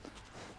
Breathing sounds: one breath in and out by a microphone near the nose and mouth; strong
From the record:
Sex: male

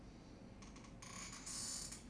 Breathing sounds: one breath in and out by a microphone near the nose and mouth; normal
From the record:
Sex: male

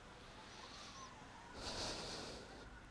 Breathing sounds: one breath in and out by a microphone near the nose and mouth; deep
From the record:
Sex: male

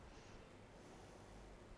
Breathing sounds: one breath in and out by a microphone near the nose and mouth; normal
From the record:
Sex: female

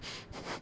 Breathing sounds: one breath in and out by a microphone near the nose and mouth; strong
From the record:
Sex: male

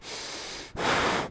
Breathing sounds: one breath in and out by a microphone near the nose and mouth; strong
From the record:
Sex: male

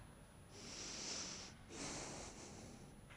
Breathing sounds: one breath in and out by a microphone near the nose and mouth; deep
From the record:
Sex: male

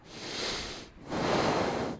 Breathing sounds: one breath in and out by a microphone near the nose and mouth; deep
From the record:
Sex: male

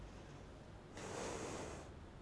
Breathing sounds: one breath in and out by a microphone near the nose and mouth; normal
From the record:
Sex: female

